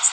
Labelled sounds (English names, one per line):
Magnolia Warbler flight call